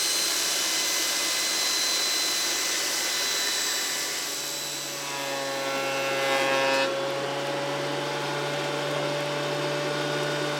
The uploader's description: saws, drills, screw drivers, hammers, tape measures